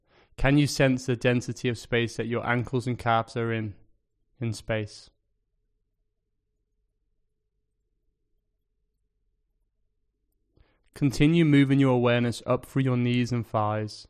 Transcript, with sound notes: Can you sense the density of space that your ankles and calves are in... in space? [Pause 5 seconds] Continue moving your awareness up through your knees and thighs.